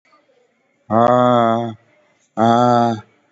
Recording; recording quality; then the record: sustained vowel as in made; excellent, no background noise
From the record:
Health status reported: COVID-19 positive, mild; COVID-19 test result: positive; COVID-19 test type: RT-PCR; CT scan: not taken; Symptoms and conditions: cough, sore throat, muscle pain, hypertension, another condition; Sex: male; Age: 65 years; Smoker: no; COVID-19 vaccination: one dose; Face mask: worn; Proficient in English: no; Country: India